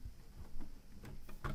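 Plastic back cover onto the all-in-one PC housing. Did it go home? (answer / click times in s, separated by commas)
no / none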